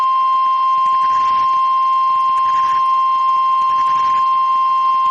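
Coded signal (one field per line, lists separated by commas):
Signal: Emergency Alert System (SAME) tones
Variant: 1050 Hz attention tone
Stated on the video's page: Received via online NOAA Weather Radio stream.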